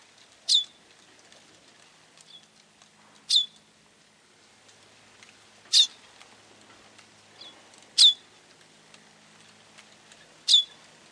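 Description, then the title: Bird giving sharp, very high downslurred chirps, one roughly every two and a half seconds, with a few fainter ticks between them. "LuckyPassaro Completos2Sama"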